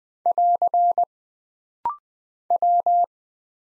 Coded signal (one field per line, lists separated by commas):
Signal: Morse code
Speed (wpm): 20 wpm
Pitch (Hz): 700 Hz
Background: none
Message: <AR> W